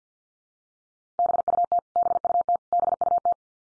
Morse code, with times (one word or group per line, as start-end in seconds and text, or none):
1.2-1.8 BUT
2.0-2.6 BUT
2.7-3.3 BUT